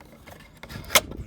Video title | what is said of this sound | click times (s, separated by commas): Replace Headlight Bulb Mk2 Ford Focus H7 H1 | so it's released | 1.0 s